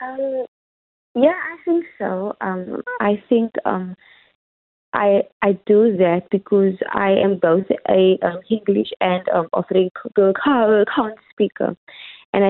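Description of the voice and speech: An adult woman, a singer who has stuttered all her life, speaks with a hesitant start, repeated fillers and a long pause. She then repeats 'I' and breaks 'Afrikaans' with repeated k sounds separated by short gaps. These part-word repetitions and blocks fit mild stuttering, heard a little in her speech, which disappears when she sings.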